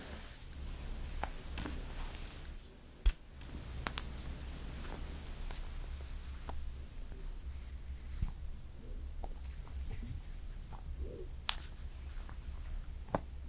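Slow makeup application, with soft brushing and light handling sounds over a steady low hum. Sharp little clicks and taps land every second or two, the loudest near the three-second mark and again around eleven and a half seconds.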